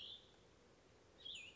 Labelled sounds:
Cassin's Vireo
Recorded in Sonoma County, California

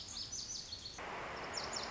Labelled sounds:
Lazuli Bunting
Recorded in Sonoma County, California

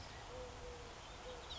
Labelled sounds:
Eurasian Collared Dove
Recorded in Sonoma County, California

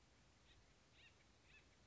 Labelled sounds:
Acorn Woodpecker
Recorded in Sonoma County, California

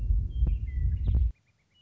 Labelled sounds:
Western Meadowlark
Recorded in Sonoma County, California

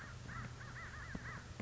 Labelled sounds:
American Crow
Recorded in Sonoma County, California

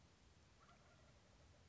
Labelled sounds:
Wild Turkey
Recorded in Sonoma County, California

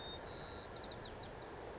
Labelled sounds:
White-crowned Sparrow
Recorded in Sonoma County, California

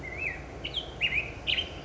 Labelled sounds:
Black-headed Grosbeak
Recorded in Sonoma County, California

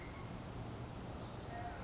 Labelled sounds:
Pacific Wren
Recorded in Sonoma County, California

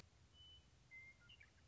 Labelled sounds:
Western Meadowlark
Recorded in Sonoma County, California

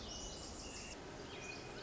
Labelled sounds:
Pacific Wren
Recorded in Sonoma County, California

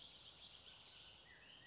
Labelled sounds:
Bullock's Oriole
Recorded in Sonoma County, California

